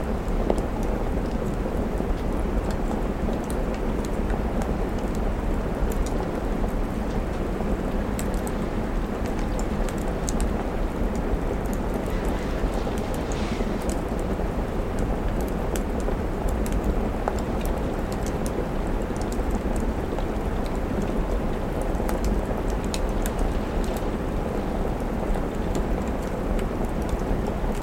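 Soft autumn rain patters steadily against a window, a dense even hiss with low rumble beneath and faint scattered ticks throughout.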